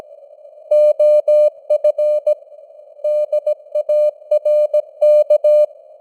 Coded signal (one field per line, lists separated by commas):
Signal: Morse code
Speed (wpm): 17 wpm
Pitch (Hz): 600 Hz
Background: none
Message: OF DARK